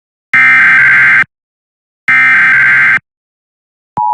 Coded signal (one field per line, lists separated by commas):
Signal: Emergency Alert System (SAME) tones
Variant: header bursts